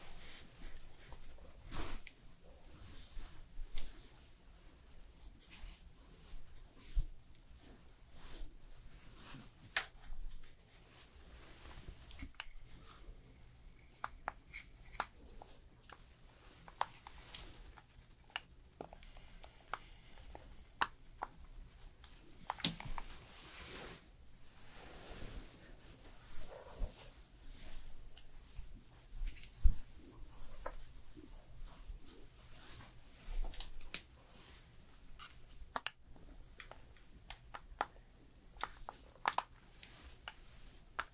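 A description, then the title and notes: A fast haircut, with dense, irregular clipping and snipping clicks, brief bright bursts, and a low steady hum underneath. ASMR Professional Fast Haircut & Hair Styling No Talking.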